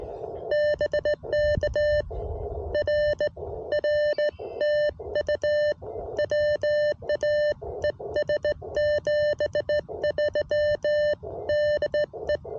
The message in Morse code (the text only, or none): BK R R TU WAES 73 DE